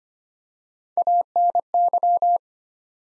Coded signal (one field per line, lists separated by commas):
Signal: Morse code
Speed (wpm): 25 wpm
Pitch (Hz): 700 Hz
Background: none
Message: ANY